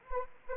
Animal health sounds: mosquito wingbeat signal from an infrared sensor; Anopheles arabiensis

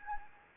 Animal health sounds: mosquito wingbeat signal from an infrared sensor; Anopheles gambiae

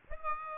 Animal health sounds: mosquito wingbeat signal from an infrared sensor; Aedes aegypti

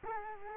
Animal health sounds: mosquito wingbeat signal from an infrared sensor; Culex quinquefasciatus

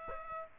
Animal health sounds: mosquito wingbeat signal from an infrared sensor; Aedes aegypti

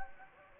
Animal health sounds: mosquito wingbeat signal from an infrared sensor; Anopheles gambiae

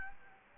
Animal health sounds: mosquito wingbeat signal from an infrared sensor; Culex quinquefasciatus

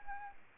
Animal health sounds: mosquito wingbeat signal from an infrared sensor; Anopheles arabiensis

